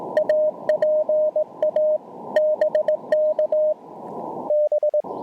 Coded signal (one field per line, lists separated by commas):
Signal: Morse code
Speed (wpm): 22 wpm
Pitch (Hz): 600 Hz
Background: radio noise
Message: APA BK B